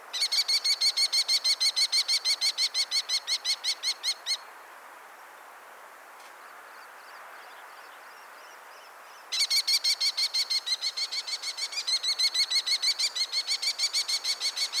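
Kestrel giving long rapid series of shrill 'kee-kee' notes, a pause of several seconds with faint higher chirps, then the fast series resumes.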